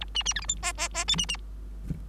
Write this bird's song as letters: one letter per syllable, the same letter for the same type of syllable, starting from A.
A B B C D E F F F G B B